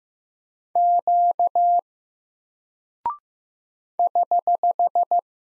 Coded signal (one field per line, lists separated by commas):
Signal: Morse code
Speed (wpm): 15 wpm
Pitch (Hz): 700 Hz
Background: none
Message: Q <HH>